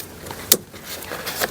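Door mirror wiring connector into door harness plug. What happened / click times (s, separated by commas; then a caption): The wiring connector clicked home / 0.5 s. A door mirror wiring connector on a Ford Galaxy is plugged into the door wiring harness plug. A sharp click sounds at 0.5 s, and a softer tap follows near 1.4 s. The connector is confirmed seated and plugged in.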